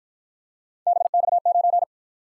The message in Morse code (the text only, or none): BX9